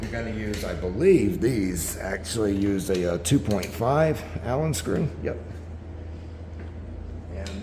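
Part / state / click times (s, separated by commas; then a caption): Allen screw in scooter rear motor mount / stripped / 7.5 s. A 2.5 mm Allen key is turned in the screw holding the rear motor wheel on a Gotrax Apex electric scooter while someone talks. At 7.5 s the key slips in the socket with a short sharp sound, and the screw head is stripped.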